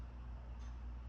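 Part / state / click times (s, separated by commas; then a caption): hydraulic line fitting with new O-ring into convertible top hydraulic pump/block / not seated / none. A hydraulic line fitting with a new O-ring is being handled at a Saab 9-3 convertible top hydraulic pump/block after a leak, with a steady low hum heard throughout. Nothing has seated or clicked yet; the fitting is not yet home.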